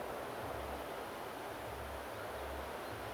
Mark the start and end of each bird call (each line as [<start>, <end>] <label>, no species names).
[2.12, 2.41] bird call
[2.83, 2.91] bird call